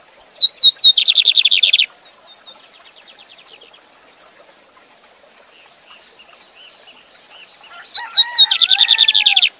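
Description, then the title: Lined seedeater song: a quick run of high chirps rolling into a buzzy rapid trill, heard twice with a long pause between, over a steady high hiss. Teacher bird (professor de canto) named Gavião Negro, singing live with a waterfall. "Bigode Gavião Negro Professor De Canto Cantando Ao Vivo Com Cascata"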